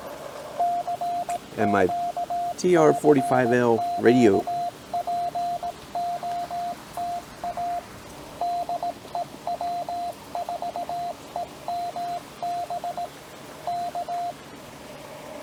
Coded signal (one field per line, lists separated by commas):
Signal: Morse code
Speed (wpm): 17 wpm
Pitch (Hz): 700 Hz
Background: speech, radio noise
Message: CQ CQ POTA DE W4EMB K